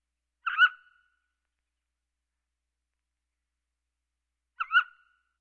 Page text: Mountain Quail. Quick Sounds